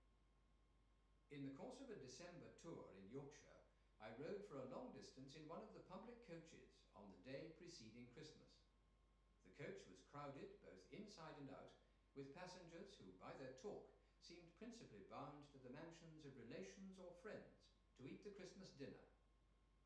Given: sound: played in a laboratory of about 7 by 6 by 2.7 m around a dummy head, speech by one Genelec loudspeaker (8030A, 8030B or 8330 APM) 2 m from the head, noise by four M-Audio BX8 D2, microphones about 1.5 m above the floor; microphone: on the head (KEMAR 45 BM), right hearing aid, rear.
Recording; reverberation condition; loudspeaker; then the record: male speech in English; medium; in front (0 degrees)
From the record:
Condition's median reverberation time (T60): about 510 ms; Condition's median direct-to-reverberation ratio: about -0.5 dB